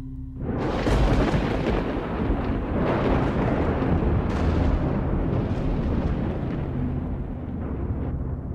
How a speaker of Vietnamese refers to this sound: từ trên tầng không tiếng sấm vang trời.